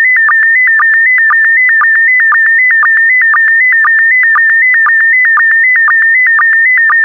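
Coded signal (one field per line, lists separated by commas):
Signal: SSTV (slow-scan television)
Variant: PD120 mode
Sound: warbling steady tones around 2 kHz with regular short low blips, clean synthesized signal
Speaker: 5, 4, 3, 2, 1. Thank you. Transmission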